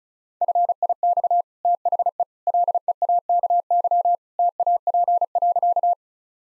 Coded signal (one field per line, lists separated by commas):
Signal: Morse code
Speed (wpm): 36 wpm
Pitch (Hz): 700 Hz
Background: none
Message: FIX THE LEAKY TAP.